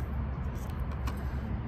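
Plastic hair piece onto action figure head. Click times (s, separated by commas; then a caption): 1.1 s. A swappable plastic hair piece is snapped back onto an action figure's head after it kept coming off, giving one short click at 1.1 s over a steady low rumble. The piece snaps on but does not lock securely and still comes off easily.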